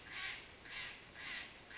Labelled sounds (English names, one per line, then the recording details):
Steller's Jay
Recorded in Sonoma County, California